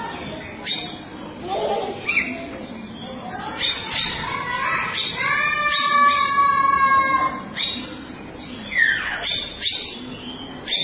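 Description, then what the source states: Oriental magpie-robin song: a varied run of loud whistled phrases, some with rich harmonics, others sliding downward, broken by short pauses, over a faint hiss. Chirping song (kicauan) of the bird.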